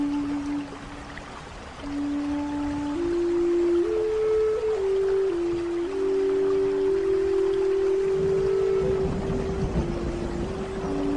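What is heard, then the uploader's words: A Native American flute plays a slow, low melody of long held notes that step gently up and down, with a brief pause near the two-second mark. A steady hiss of rain runs underneath, and a soft rumble of thunder swells in the last few seconds. The soothing combination of a gentle thunderstorm and the enchanting melodies of Native American flute music. The rain gently taps on your windowpane and the distant rumble of thunder.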